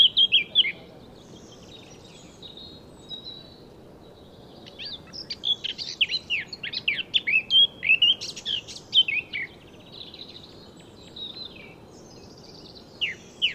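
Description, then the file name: Eurasian blackcap song: brief notes at the start, then after a pause a rapid chattering warble, followed by a few scattered notes. "Sylvia atricapilla"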